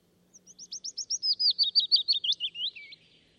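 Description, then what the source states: Willow warbler song: a quick, sweet phrase of many whistled notes that starts soft and high, then grows louder and slides gradually downward to a final flourish. The speakers' first willow warbler of the year, freshly recorded in spring in the Sobibór Forests, Poland.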